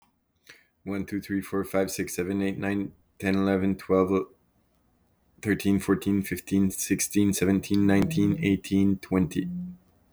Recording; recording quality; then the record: counting at a normal pace; excellent, no background noise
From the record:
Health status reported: exposed to COVID-19, no respiratory illness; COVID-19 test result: negative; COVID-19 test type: rapid antigen test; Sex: male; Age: 31 years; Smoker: yes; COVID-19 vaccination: both doses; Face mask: not worn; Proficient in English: yes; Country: Canada